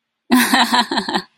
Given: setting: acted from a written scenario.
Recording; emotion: vocal sound without words; amusement